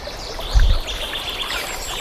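A steady, bubbling stream runs throughout, with a soft low thump partway through and faint chirpy birdsong woven above the water's hiss.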